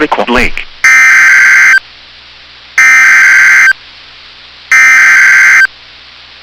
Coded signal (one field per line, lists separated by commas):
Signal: Emergency Alert System (SAME) tones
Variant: header bursts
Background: speech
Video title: [EAS Compilation] Severe Thunderstorm Warnings on NOAA Weather Radio WXM99 [August 2, 2022]